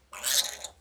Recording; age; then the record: pig call; piglet (1 to 25 days)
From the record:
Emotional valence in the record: negative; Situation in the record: restrain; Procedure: back test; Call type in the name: high-frequency call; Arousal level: medium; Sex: male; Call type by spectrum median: high-frequency call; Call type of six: low-frequency tonal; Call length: 0.81 s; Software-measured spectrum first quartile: 3745 Hz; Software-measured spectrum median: 5812 Hz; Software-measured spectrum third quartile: 8205 Hz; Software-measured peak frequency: 3786 Hz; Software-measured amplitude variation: 219 dB a second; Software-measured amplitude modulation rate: 19.1 a second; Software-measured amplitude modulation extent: 11.5 dB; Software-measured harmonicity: -0.9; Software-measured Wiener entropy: -1.51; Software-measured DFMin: 1036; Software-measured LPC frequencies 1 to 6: 911, 1751, 3840, 5283, 6404, 8149 Hz